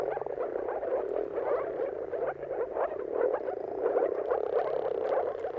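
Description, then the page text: Moor frogs calling in a dense chorus, many soft bubbling, gulping notes overlapping continuously with no pauses. Chorus of many moor frogs giving mating calls at sunrise, at the turn of March and April depending on weather. "Jakub-Orzecki moor frogs. Dawn’s Chorus: Mating Calls of Marsh Frogs at Sunrise. Depending on the weather at the turn of March and April, you can witness an amazing spectacle of moor frogs"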